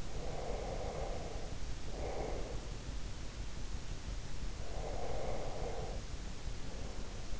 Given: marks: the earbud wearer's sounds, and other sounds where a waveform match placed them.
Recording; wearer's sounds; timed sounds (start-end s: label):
sounds in sleep by an in-ear microphone; breath
0.09-2.75 s: breath
4.58-7.40 s: breath